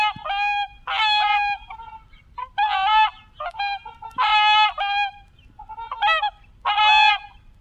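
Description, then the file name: Whooper swan producing clear trumpet-like honks in short groups separated by pauses. "Sound Effects Factory - Whooper Swan Cygnus cygnus"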